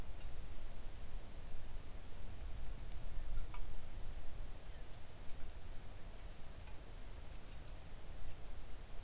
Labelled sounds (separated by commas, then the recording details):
bird, rain
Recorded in the Arctic National Wildlife Refuge, Alaska, on 3 August 2019 at 05:57
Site 41